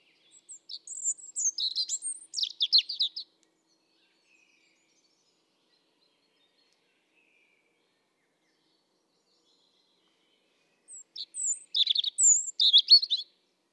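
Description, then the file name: European robin giving two short high twittering phrases of sharp, rapid notes, separated by about eight seconds of silence. "Erithacus rubecula"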